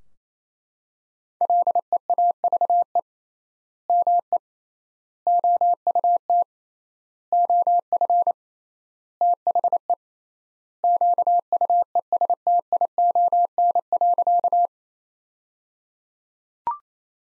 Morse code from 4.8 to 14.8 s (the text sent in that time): OUT OF THE QUESTION.